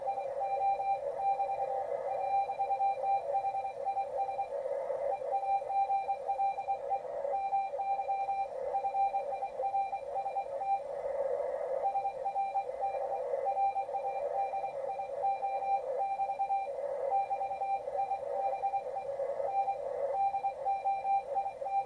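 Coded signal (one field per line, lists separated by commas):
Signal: RTTY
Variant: 45.5 baud, 170 Hz shift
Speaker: the tone pairs we can do is 170 Hertz shift 425 or 850 170 is used by hams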